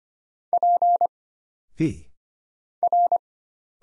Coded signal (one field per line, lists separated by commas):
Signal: Morse code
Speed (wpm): 25 wpm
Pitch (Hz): 700 Hz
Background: none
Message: P R